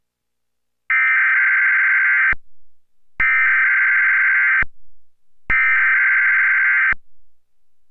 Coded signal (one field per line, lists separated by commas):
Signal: Emergency Alert System (SAME) tones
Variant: header bursts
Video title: EAS Required Monthly Test [11/8/2023]